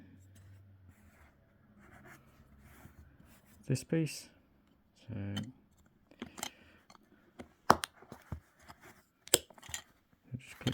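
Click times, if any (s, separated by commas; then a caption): 7.7 s. A plastic piece of the steering wheel control switch assembly is pressed into the controller housing on a Skoda Octavia 3 VRS TSI steering wheel during a controller wheel replacement, while someone talks. A sharp, loud click at 7.7 s marks the piece seating in place, followed by a few more small plastic taps and knocks.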